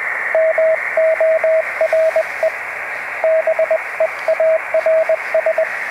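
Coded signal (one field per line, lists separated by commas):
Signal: Morse code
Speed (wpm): 20 wpm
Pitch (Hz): 640 Hz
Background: radio noise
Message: MORE BEARS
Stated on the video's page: QRP portable CW on a snowy mountain with an FT-817 at 5 watts and a Buddistick antenna, working stations on both coasts.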